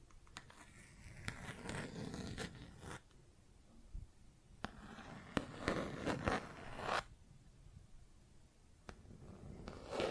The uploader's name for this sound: Plastic Objects Tapping and Scratching